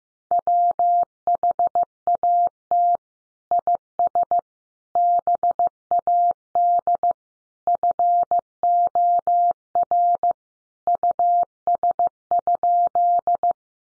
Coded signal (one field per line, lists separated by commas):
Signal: Morse code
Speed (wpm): 15 wpm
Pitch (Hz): 700 Hz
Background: none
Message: WHAT IS BAD FOR US?